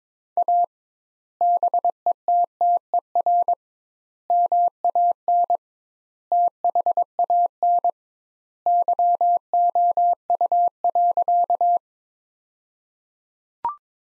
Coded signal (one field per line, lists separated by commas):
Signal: Morse code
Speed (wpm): 22 wpm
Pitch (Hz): 700 Hz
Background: none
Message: A BETTER MAN THAN YOU.